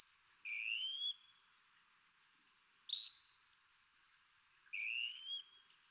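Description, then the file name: Wallcreeper alternating lower slurred whistles with a higher, thin note that climbs in steps. "TICHODROME"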